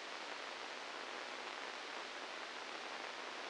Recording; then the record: brain microelectrode recording played as sound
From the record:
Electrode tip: inside the subthalamic nucleus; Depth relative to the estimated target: 1 mm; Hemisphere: left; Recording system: NeuroSet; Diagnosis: Parkinson's disease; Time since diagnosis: 12 years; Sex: male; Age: 61 years